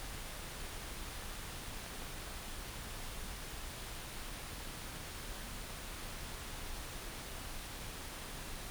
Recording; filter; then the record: brain microelectrode recording played as sound; wide band, above 20 Hz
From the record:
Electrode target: subthalamic nucleus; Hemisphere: right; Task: reaching with the left hand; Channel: 1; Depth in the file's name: 5.102 mm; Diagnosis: Parkinson's disease